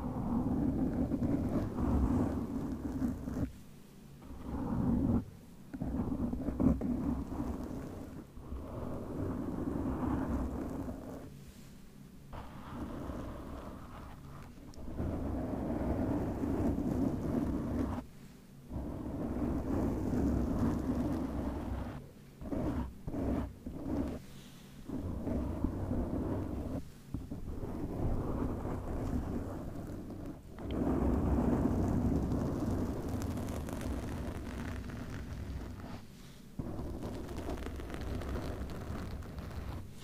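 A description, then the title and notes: Microphone scratching fills the recording with dense, low rumbling rubs and scrapes, broken by frequent abrupt silent gaps as the contact stops and restarts. ASMR Mic Scratching no Talking, MIT/OHNE Cover.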